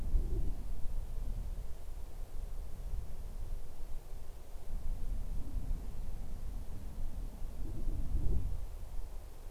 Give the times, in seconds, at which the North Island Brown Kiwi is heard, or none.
none